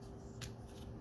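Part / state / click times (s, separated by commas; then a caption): plastic arm armature into the figure's arm / not seated / none. The lower plastic arm armature of a Transformers Studio Series 86-30 Leader Class Springer figure is handled and brought into the figure's arm, making soft rubbing and shuffling sounds with brief brighter scrapes around 0.4 s and 0.7–0.8 s over a low steady hum. Nothing has seated or clicked into place yet.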